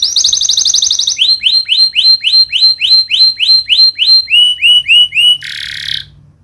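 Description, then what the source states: Canary song opening with a fast high trill, then many quick swooping whistles, lower swoops, and a short harsh buzzy ending. Vigorous singing canary (gacor) praised for the best cengkok phrasing and most luxurious isian fill-in notes; Indonesian songbird-keeping (kicaumania) context.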